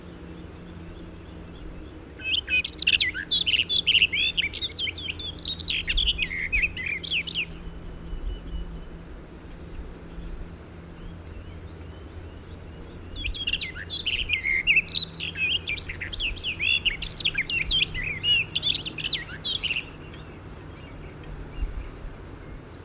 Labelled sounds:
Barred Warbler song

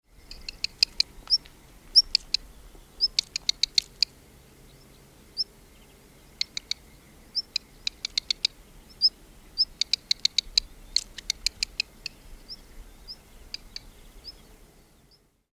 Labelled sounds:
Black Redstart

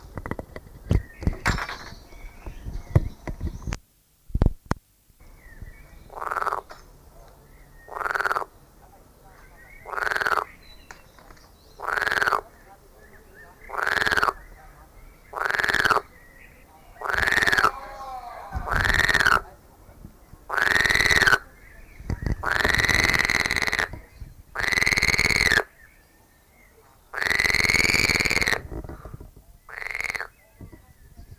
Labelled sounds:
Edible Frog

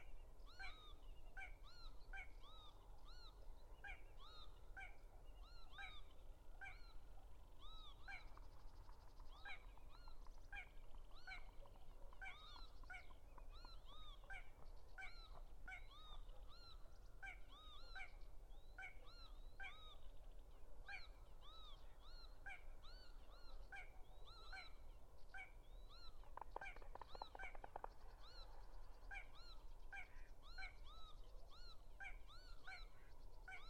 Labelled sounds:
Little Crake song

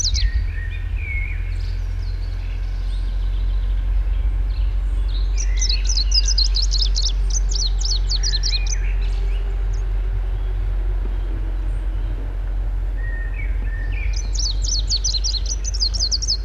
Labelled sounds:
Greenish Warbler song

